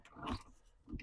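A plastic interior trim piece is handled at the centre console of a 2012–2013 Range Rover Sport (L320), with soft rubbing and scraping and a couple of brief ticks near 0.1 and 1.0 seconds. Nothing has seated or clicked yet.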